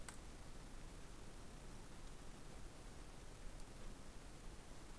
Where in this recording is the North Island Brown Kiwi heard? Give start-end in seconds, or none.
none